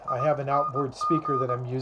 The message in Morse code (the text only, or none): ING